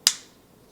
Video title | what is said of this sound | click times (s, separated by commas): How To Develop Film At Home and Save Money | snaps right in. | 0.1 s